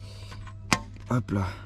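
A plastic decorative trim button, quite hard to fit, is pushed into a refabricated leg shield panel of an AV68 moped. It clips in with a sharp click at 0.7 s, seating well, and then someone talks.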